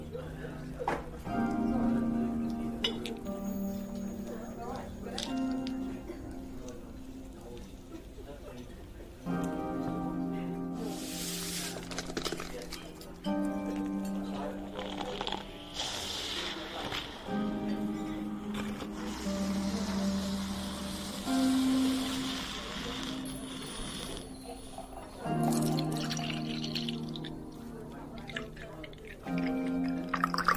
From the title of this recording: Fantasy fairy cafe asmr ambience